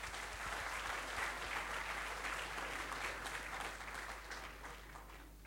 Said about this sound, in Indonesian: Puji Tuhan, sekali lagi kita berikan tepuk tangan.